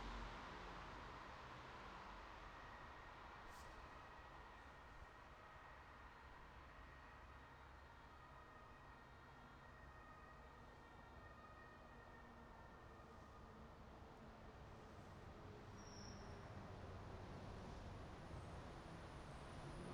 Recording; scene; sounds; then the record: everyday scene through a hearing-aid microphone; in traffic; traffic, siren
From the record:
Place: bus stop on a city main road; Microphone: in the ear canal, right